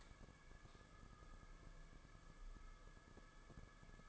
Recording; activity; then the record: daily activity, microphone in the room; light on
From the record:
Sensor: 5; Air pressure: 994.5 hPa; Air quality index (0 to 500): 192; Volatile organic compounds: 1000 ppm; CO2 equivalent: 5650 ppm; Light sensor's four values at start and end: 26/66/27/32 and 27/70/29/33